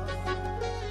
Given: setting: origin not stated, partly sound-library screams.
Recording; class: one-second piece from a danger detection set; normal situation